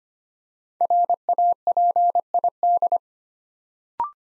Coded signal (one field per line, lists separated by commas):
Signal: Morse code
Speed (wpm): 25 wpm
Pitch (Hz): 700 Hz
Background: none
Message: RAPID